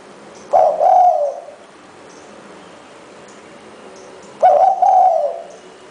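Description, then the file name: Spotted dove cooing: two loud, husky coos about four seconds apart, each roughly a second long, over steady background hiss. "นกเขาใหญ่"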